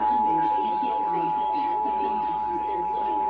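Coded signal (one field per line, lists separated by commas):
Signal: Emergency Alert System (SAME) tones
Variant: 853 and 960 Hz attention tone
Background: speech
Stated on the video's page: Required monthly EAS tests from Utah, Kern and Los Angeles.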